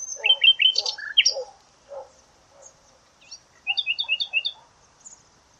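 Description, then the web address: Bird song opening with a quick run of bright chirps, a pause with soft notes, then a rapid string of about eight repeated twittering notes. "Deverinetal 2025. Bird Only"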